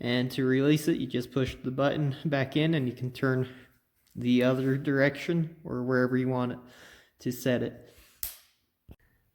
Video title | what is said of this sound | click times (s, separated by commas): Magicwave 230i | and once it is fully locked in the 90 degree it will click in | 8.2 s